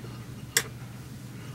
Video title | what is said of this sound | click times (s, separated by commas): Dillon case feeder and weekly press maintenance | no grind grind or nothing that just just when it locks into place nice | 0.6 s